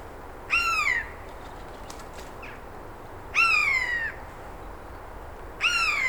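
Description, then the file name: Eurasian jay uttering three drawn-out, downward-sliding nasal mews roughly every two to three seconds, with a faint brief rustle between the first two. "Garrulus glandarius"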